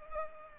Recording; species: mosquito wingbeat signal from an infrared sensor; Culex pipiens